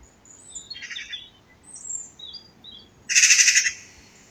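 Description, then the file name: Eurasian magpie giving a loud harsh rattle after softer chattering and scattered high whistles from other birds. "Pica pica"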